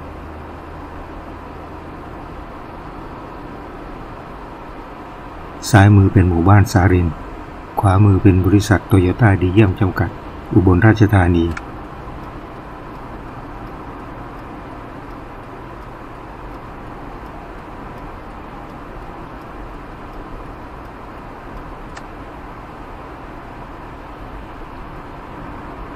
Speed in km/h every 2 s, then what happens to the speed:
55, 57, 59, 58, 58, 59, 59, 62, 63, 63, 62, 62, 62.
0-26 steady at about 59.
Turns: none.